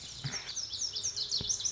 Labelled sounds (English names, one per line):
Pacific Wren